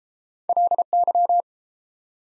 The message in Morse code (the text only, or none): LY